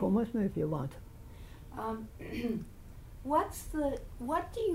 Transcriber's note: clears throat